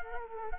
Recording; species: mosquito wingbeat signal from an infrared sensor; Culex quinquefasciatus